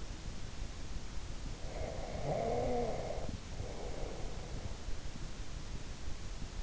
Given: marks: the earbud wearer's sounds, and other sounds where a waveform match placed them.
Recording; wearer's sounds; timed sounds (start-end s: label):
sounds in sleep by an in-ear microphone; snoring breath
1.56-4.81 s: snoring breath